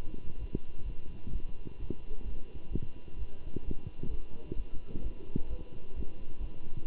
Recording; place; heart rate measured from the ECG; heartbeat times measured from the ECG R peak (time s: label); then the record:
heart sounds by stethoscope; between the tricuspid and mitral areas; 130 bpm
0.38 s: heartbeat
0.84 s: heartbeat
1.31 s: heartbeat
1.78 s: heartbeat
2.24 s: heartbeat
2.70 s: heartbeat
3.17 s: heartbeat
3.64 s: heartbeat
4.10 s: heartbeat
4.55 s: heartbeat
5.02 s: heartbeat
5.48 s: heartbeat
5.94 s: heartbeat
6.39 s: heartbeat
6.85 s: heartbeat
From the record:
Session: Bruce protocol treadmill stress test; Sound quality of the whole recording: good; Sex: male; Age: 23 years